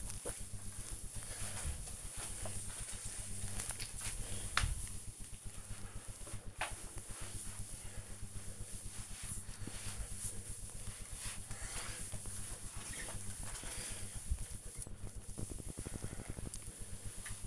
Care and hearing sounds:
household activities, microphone on the right wrist
0.00-17.47 s: floor cleaning

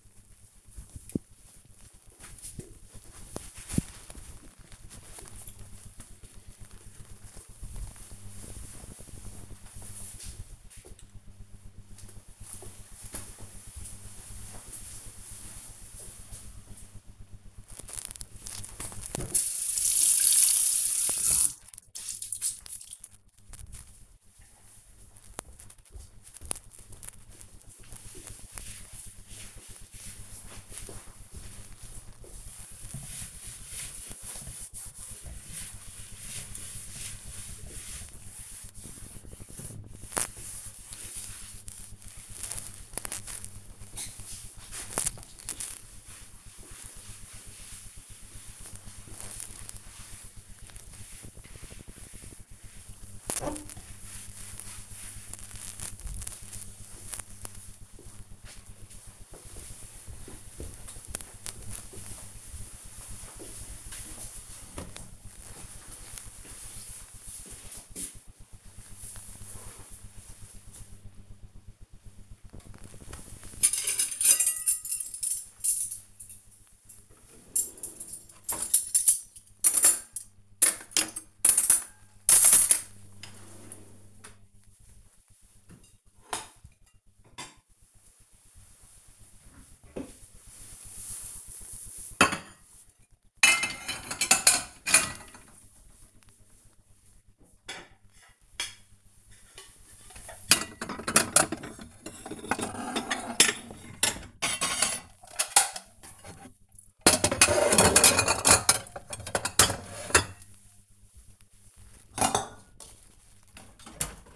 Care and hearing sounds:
household activities, microphone on the right wrist
17.55-57.73 s: cleaning table
71.80-114.36 s: putting away the dishes

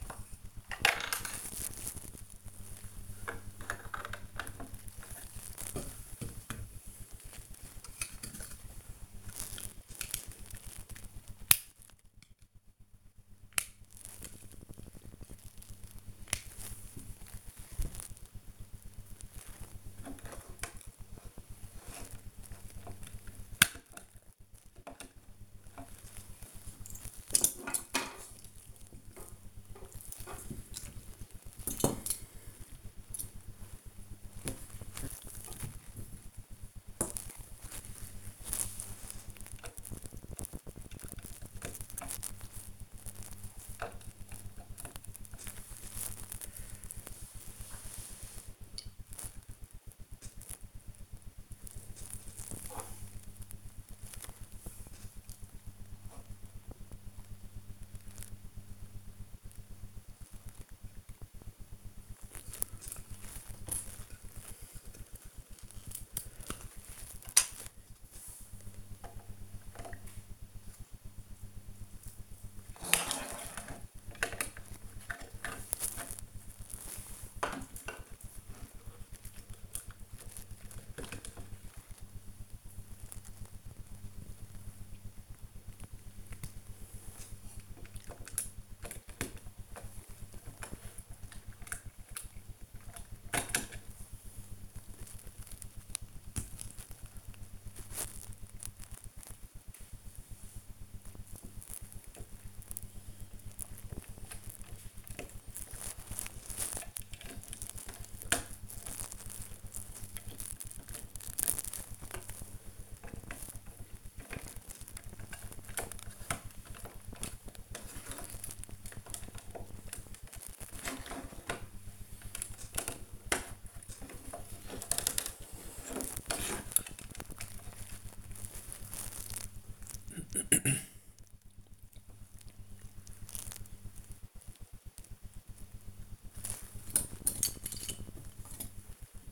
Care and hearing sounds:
household activities, microphone on the right wrist
0.00-73.91 s: building with lego
80.98-139.32 s: building with lego

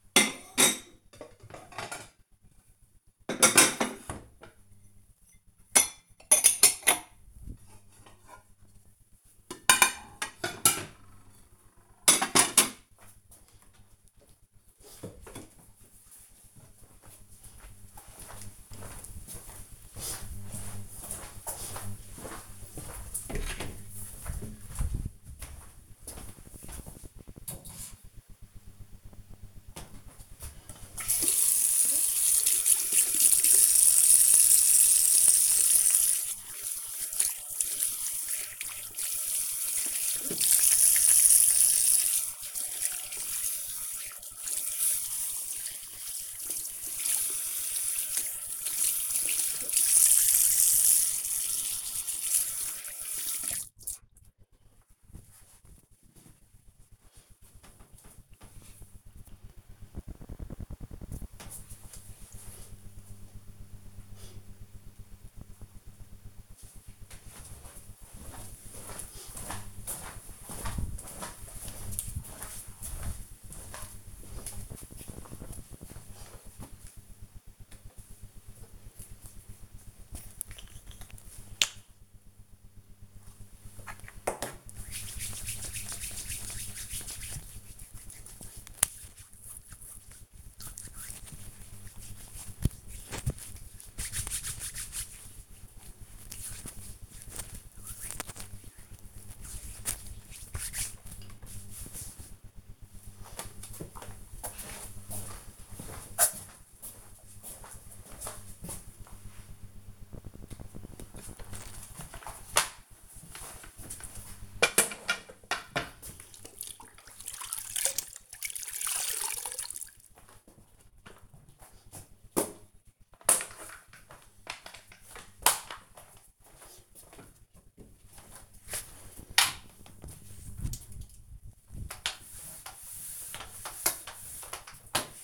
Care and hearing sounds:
household activities, microphone on the right wrist
0.00-12.95 s: putting away the dishes
29.08-54.28 s: washing hands
77.46-100.68 s: cream hands
109.74-135.24 s: floor cleaning

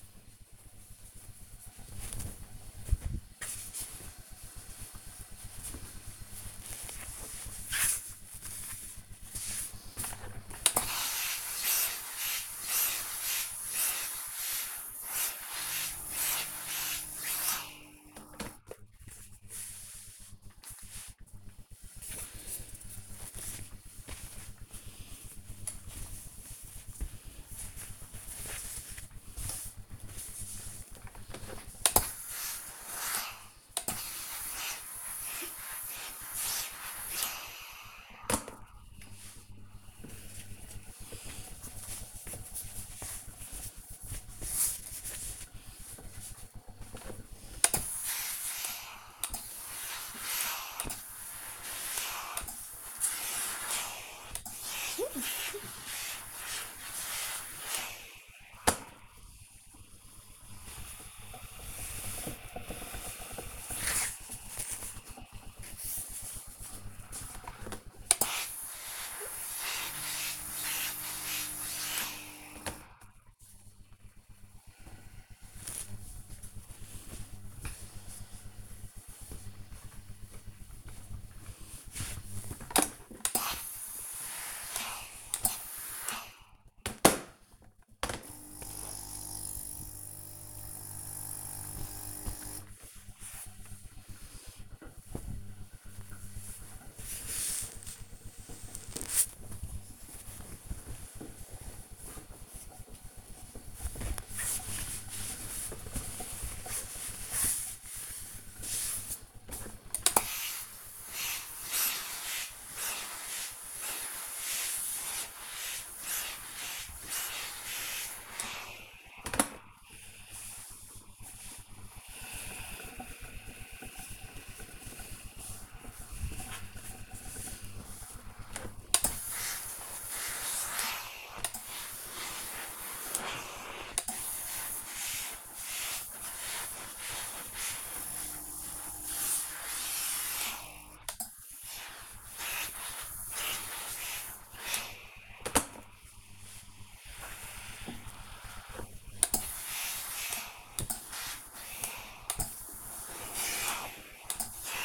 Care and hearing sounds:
household activities, microphone on the right wrist
10.11-92.51 s: ironing laundry
109.62-154.85 s: ironing laundry

